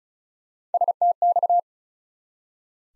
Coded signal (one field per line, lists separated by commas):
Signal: Morse code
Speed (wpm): 33 wpm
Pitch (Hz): 700 Hz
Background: none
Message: STX